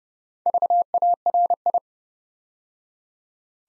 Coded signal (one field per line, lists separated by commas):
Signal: Morse code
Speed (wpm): 29 wpm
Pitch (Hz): 700 Hz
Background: none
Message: VARI